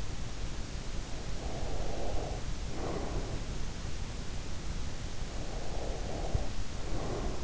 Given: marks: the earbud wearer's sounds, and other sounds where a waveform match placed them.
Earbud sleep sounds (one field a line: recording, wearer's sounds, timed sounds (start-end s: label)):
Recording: sounds in sleep by an in-ear microphone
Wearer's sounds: breath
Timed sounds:
1.41-3.34 s: breath
5.56-7.43 s: breath